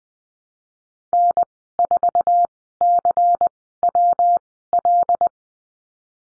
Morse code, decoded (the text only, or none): N4CWL